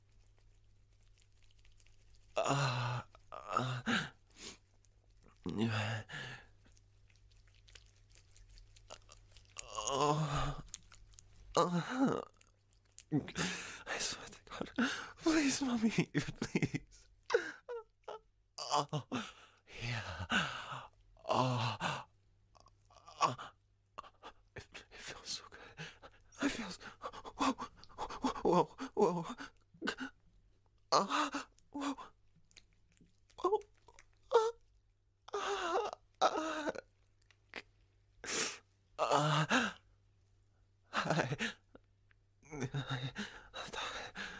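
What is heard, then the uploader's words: A man moans and whimpers in short, breathy bursts separated by pauses, denser around the middle, over a faint steady low hum. Male moaning & whimpering asmr.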